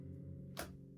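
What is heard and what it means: Holding the detach button on a Microsoft Surface Book releases the latch between the tablet screen and the keyboard base. Over a steady low hum, a short, bright click is heard at 0.6 s. The latch is released, and a green indicator shows the screen is ready to lift off.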